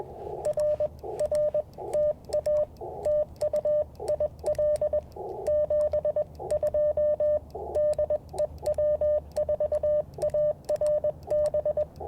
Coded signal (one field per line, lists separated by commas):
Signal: Morse code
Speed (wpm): 21 wpm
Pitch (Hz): 590 Hz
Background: radio noise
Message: R R TA TU IL 72 DE W4ARB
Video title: Morning Morse Code at Tuskegee National Forest K-4451 - 11/28/23